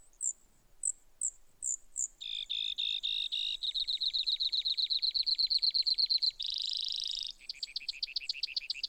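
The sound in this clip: Brewer's sparrow song: a few thin high chips, then a long run of dry trills shifting in pitch, a brief buzzy stretch, and a final rapid trill.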